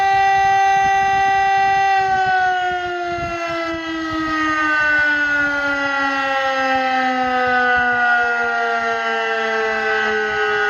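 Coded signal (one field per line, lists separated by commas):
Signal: siren signal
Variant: DS977 electronic siren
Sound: loud, buzzy, harmonic siren tone held steady, slowly gliding down in pitch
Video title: siren signal "fire alarm" Republique Thèque DS977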